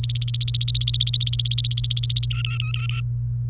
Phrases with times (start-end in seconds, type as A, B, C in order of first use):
0.00-2.26 A, 2.31-3.00 B